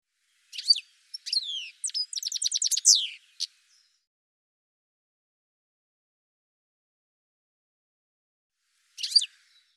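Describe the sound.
Bird song: a high, rapid phrase of sweeping notes and a fast rattling trill, then a long silence before one short burst of sharp chirps near the end.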